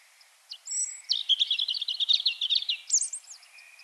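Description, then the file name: European robin song: a rapid, jumbled run of high twittering notes, with a few thin whistles before and after. "Erithacus rubecula"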